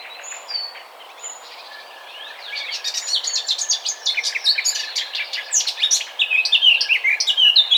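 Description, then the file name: Eurasian blackcap song: a few faint high notes, then from about two and a half seconds a fast, loud, scratchy-to-fluty warble of varied phrases that runs to the end. "Sylvia atricapilla"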